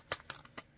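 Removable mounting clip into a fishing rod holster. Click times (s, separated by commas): 0.1 s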